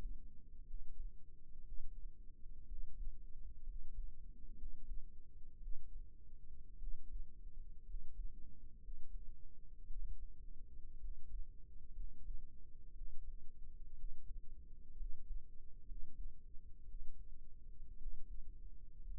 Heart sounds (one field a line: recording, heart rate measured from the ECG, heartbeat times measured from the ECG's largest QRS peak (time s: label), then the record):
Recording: heart sounds by microphone in the right ear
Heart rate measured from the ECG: 59 bpm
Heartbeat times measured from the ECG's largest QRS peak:
0.65 s: heartbeat
1.63 s: heartbeat
2.67 s: heartbeat
3.64 s: heartbeat
4.56 s: heartbeat
5.59 s: heartbeat
6.78 s: heartbeat
7.84 s: heartbeat
8.80 s: heartbeat
9.87 s: heartbeat
10.99 s: heartbeat
11.94 s: heartbeat
12.92 s: heartbeat
13.95 s: heartbeat
14.96 s: heartbeat
15.85 s: heartbeat
16.85 s: heartbeat
17.97 s: heartbeat
19.04 s: heartbeat
From the record:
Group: healthy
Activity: rest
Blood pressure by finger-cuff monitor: 95/50 mmHg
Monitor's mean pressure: 66 mmHg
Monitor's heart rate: 60 bpm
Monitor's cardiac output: 6 L/min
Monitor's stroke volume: 99 mL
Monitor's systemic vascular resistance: 770 dyn s/cm5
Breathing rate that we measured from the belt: 16 breaths a minute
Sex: male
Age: 22 years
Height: 181 cm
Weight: 79 kg